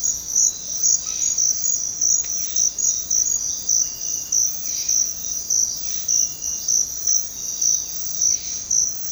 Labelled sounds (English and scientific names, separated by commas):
none